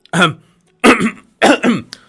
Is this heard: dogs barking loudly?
no